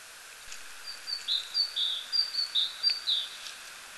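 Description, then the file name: Great tit song, a repeated high-low note pair delivered in a steady run of several phrases, over faint background hiss. "Parus major"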